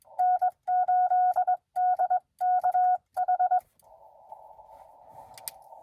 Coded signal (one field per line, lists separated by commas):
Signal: Morse code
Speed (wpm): 21 wpm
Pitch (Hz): 730 Hz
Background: none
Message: N8DKH